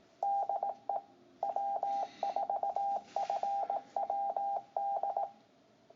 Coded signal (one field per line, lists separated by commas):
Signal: Morse code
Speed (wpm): 18 wpm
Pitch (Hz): 800 Hz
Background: none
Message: DE W4FWD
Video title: West Georgia Amateur Radio Society Weekly Net -6/26/2017